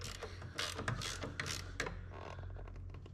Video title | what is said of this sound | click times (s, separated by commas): Salvage Jet Ski Swap: Transferring Totaled 2023 SXR to New 2024 Hull | click all right | 1.8 s